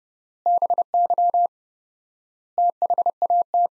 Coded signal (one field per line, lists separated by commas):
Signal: Morse code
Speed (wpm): 32 wpm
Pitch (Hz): 700 Hz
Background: none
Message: BY THAT